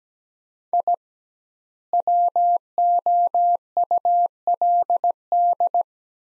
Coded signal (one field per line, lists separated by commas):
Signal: Morse code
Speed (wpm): 17 wpm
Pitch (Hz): 700 Hz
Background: none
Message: I WOULD